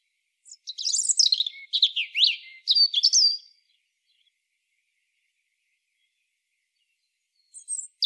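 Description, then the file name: European robin singing a rapid, high warbled phrase of sliding whistles and short trills for about three seconds, then a long quiet pause before another phrase begins. "Erithacus rubecula"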